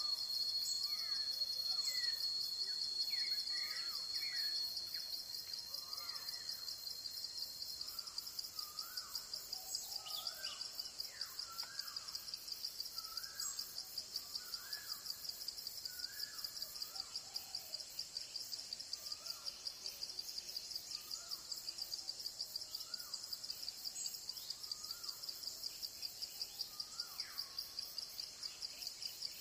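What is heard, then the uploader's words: Sound in the forest: a dense, steady shrill of insects fills the high range throughout, pulsing in a fast, even rhythm. Over it, a bird repeats short rising and falling whistled notes every second or so, with a few other chirps early on. Sound in the forest.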